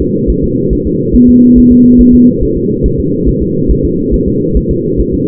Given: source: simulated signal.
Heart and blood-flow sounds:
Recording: fetal heart sounds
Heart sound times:
0.02 s: S2
0.30 s: S1
0.44 s: S2
0.73 s: S1
0.87 s: S2
1.16 s: S1
1.29 s: S2
1.58 s: S1
1.72 s: S2
2.01 s: S1
2.15 s: S2
2.43 s: S1
2.57 s: S2
2.86 s: S1
3.00 s: S2
3.29 s: S1
3.43 s: S2
3.71 s: S1
3.85 s: S2
4.14 s: S1
4.28 s: S2
4.57 s: S1
4.71 s: S2
5.00 s: S1
5.14 s: S2
From the record:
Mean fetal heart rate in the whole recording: 140 bpm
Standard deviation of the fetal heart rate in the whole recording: 2 bpm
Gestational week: 34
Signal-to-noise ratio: -11.2 dB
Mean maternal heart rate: 72 bpm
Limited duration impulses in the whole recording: present

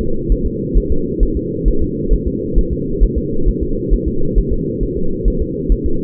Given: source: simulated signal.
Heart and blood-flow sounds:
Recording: fetal heart sounds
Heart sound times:
0.01 s: S2
0.32 s: S1
0.46 s: S2
0.78 s: S1
0.92 s: S2
1.23 s: S1
1.37 s: S2
1.68 s: S1
1.82 s: S2
2.13 s: S1
2.28 s: S2
2.58 s: S1
2.73 s: S2
3.03 s: S1
3.18 s: S2
3.48 s: S1
3.63 s: S2
3.93 s: S1
4.08 s: S2
4.38 s: S1
4.53 s: S2
4.83 s: S1
4.97 s: S2
5.28 s: S1
5.42 s: S2
5.72 s: S1
5.86 s: S2
From the record:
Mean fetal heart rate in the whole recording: 135 bpm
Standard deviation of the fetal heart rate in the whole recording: 3 bpm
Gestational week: 36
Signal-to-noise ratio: -8.1 dB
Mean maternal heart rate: 72 bpm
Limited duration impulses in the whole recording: present

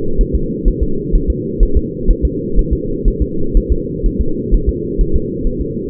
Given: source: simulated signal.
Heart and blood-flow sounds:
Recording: fetal heart sounds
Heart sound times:
0.21 s: S1
0.35 s: S2
0.68 s: S1
0.83 s: S2
1.16 s: S1
1.30 s: S2
1.63 s: S1
1.77 s: S2
2.10 s: S1
2.25 s: S2
2.59 s: S1
2.73 s: S2
3.08 s: S1
3.22 s: S2
3.57 s: S1
3.72 s: S2
4.06 s: S1
4.21 s: S2
4.54 s: S1
4.69 s: S2
5.01 s: S1
5.16 s: S2
5.47 s: S1
5.61 s: S2
From the record:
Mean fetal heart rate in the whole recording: 130 bpm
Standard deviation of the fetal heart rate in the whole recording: 4 bpm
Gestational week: 38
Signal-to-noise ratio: -8.1 dB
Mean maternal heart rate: 72 bpm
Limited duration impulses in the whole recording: absent

